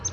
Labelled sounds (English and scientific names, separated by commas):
Palm Warbler (Setophaga palmarum) flight call